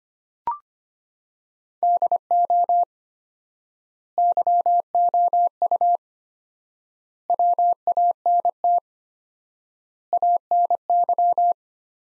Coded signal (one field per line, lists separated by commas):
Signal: Morse code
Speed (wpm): 25 wpm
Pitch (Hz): 700 Hz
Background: none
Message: DO YOU WANT ANY